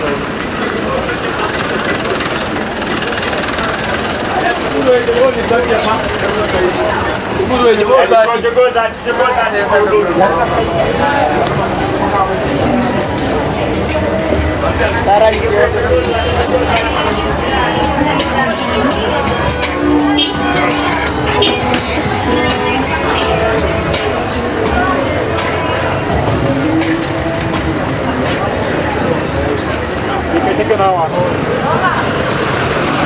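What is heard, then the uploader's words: Busy bus station ambience with overlapping voices and crowd chatter running throughout, over a steady low rumble of vehicles. Loudness stays fairly even the whole time, with a brief dip around nine seconds and scattered clanks and thuds through the middle. Bus Station.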